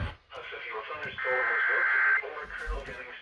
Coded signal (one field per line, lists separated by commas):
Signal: Emergency Alert System (SAME) tones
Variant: header bursts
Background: speech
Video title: UNRELENTING STORMS... EAS Alerts from 7/12-7/13/21 (EAS #417-464)